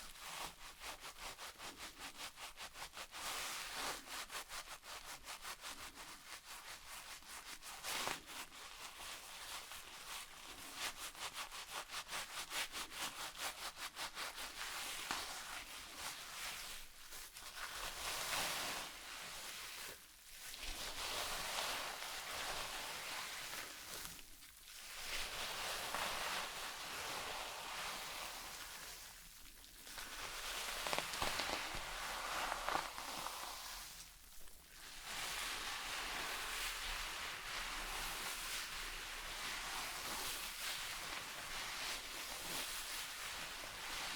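Shampoo being worked into hair makes a dense, steady hiss of rubbing and frothing, with brief pauses near 20, 25, 29 and 34 seconds.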